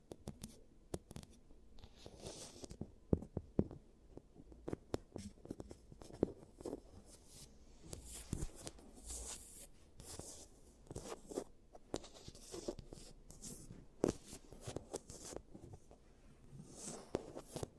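A giant teeth treatment for cavities, heard as a busy run of scratching, scraping and sharp tapping clicks over a quiet low hum. Brighter hissing, brushing bursts swell around the middle and again near fourteen seconds, with sudden loud taps scattered throughout.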